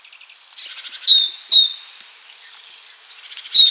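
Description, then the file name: Great tit calls: high buzzy rattling phrases with a few loud, sharp clipped notes between them and faint chirping behind. "Parus major"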